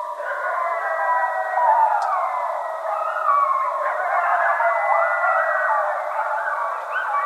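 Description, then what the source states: Coyotes howling together, several long sliding and wavering howls layered into a steady, loud chorus that carries on without a break. Coyotes, recorded on 13 January 2012.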